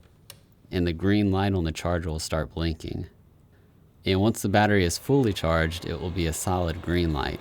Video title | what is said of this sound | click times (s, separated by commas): 12 Month Review.. GreenWorks 80 Volt Electric Lawn Mower | just slide the battery into the charger until it clicks into place | 0.3 s